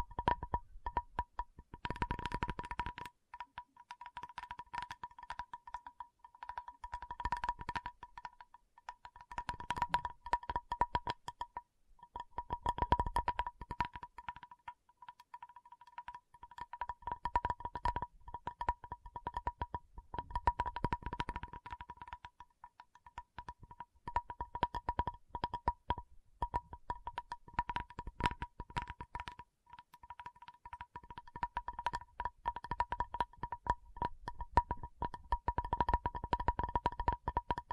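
A tapping session of quick, dense clicks and taps that runs throughout, coming in clustered bursts with brief lulls around 15 and 29 seconds. A thin, steady ringing tone sits under the tapping for the whole length, and the taps grow heavier near the end.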